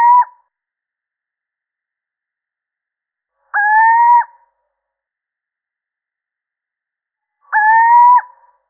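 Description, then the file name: Little owl calling, a drawn-out, slightly rising mellow hoot about three-quarters of a second long, heard three times roughly every four seconds, the first cut off at the start, against a silent background. Male. "Sycek obecny samec"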